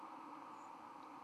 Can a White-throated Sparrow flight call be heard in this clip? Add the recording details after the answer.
yes. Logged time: 02:42 on 31 October 2014